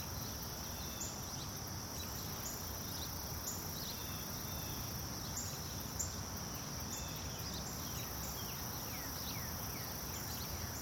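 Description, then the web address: Insects chirping in a steady, high continuous buzz over a broad low hum. Daytime ambience in a residential subdivision neighborhood. "SFXBible 6 Ambience-Subdivision-Day-Birds-Insects-Neighborhood"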